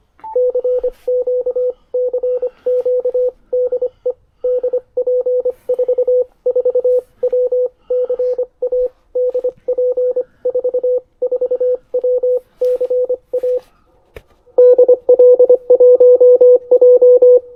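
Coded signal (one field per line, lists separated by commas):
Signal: Morse code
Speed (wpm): 24 wpm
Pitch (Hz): 500 Hz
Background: radio noise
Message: CQ CQ DE DP44WCA DP44WCA DL1J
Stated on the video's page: Portable WWFF activation from Luisenburg nature reserve, battery-powered.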